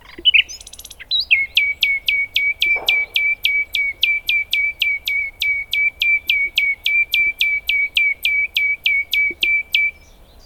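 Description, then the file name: Common nightingale song: after a short jumbled intro, a long even series of many loud, identical sharp notes in rapid succession. "Luscinia megarhynchos"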